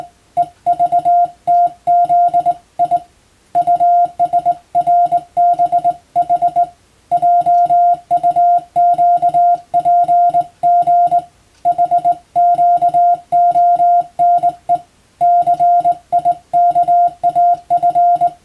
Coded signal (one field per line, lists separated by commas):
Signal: Morse code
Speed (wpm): 20 wpm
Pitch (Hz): 700 Hz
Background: music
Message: EVTZI USRBH JUQPG HQONE CIKAF